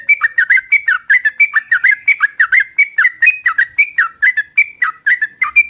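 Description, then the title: Oriental magpie-robin giving a rapid, even series of many whistled notes. Whistled song used as a lure to prompt other magpie-robins to answer back; described as a lively, vigorous singer. "Pancingan Suara Siulan Kacer Gacor Mantap Untuk Memancing Kacer Lain Agar Mau Nyaut Bunyi"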